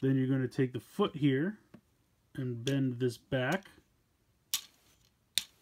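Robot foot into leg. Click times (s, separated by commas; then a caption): 5.4 s. Someone talks while bending back the foot of a transforming plastic toy robot, a DXS06 H5 Hayabusa from Shinkansen Henkei Robo Shinkalion, into its leg. After a pause, a sharp sound comes at 4.5 s, then a crisp snap at 5.4 s as the foot locks into place.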